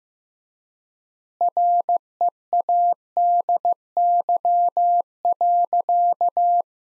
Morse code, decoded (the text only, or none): READY.